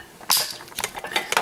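The last replacement plastic wheel is pushed onto the plastic spindle of the lower basket of a Zanussi ZDT41 dishwasher, a fix for a basket that does not pull out easily. A sharp plastic snap at 0.3 s marks the retaining tabs sliding past and locking the wheel in place, followed by a few lighter clicks and taps around 0.8 to 1.4 s. The wheel is confirmed seated.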